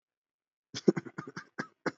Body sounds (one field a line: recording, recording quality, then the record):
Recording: shallow voluntary cough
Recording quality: excellent, no background noise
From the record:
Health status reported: healthy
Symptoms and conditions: none ticked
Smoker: not ticked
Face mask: not worn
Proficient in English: yes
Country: India